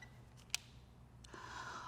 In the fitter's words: twisting it as far as it will go and make sure it clicks shut